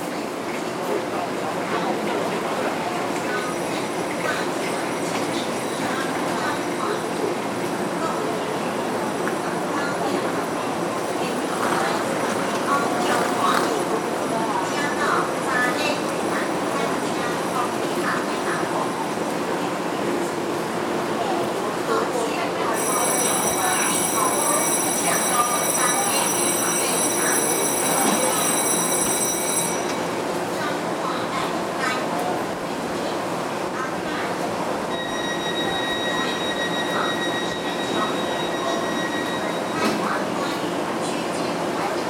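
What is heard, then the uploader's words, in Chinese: A busy train station in Taipei, with a steady, dense murmur of voices and footsteps filling the hall throughout. High electronic tones ring out intermittently, strongest around the middle and again near the end, over a low rumble of rail activity. 第 229 車次新自強號、台北車站現場聲。鐵道、車站、人聲、新自強號。設備：Tascam DR-40x。搭乘第 229 車次新自強號（EMU3000），到達台北車站後簡易錄音。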